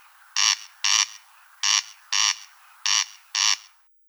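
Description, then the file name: Corn crake giving harsh, grating paired rasps, three crex-crex pairs in quick steady rhythm, with a faint background hiss. "Golosa ptic - Korostel"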